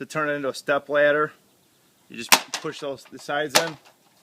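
Someone talks while pushing the sides of a Werner MT-26 multi-position aluminum ladder in to convert it to a step ladder, engaging the metal hinge locks in the side rails. Only speech is heard, with two louder bursts near 2.3 and 3.6 seconds. The ladder is handled, but nothing has seated or clicked into place yet.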